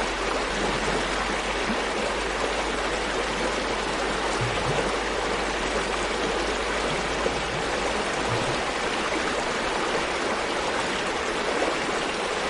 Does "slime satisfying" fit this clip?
no